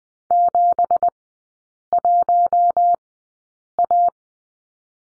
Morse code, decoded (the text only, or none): 71A